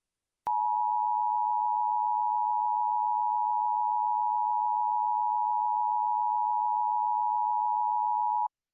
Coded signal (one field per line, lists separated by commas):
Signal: Emergency Alert System (SAME) tones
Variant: 853 and 960 Hz attention tone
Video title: KC Presents - EAS Scenario #1: Inmate Transportation